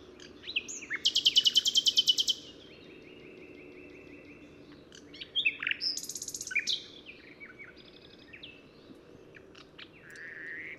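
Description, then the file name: Common nightingale song with a loud rapid trill, a long level whistled note, a second trill, and softer varied notes to finish. "Luscinia megarhynchos"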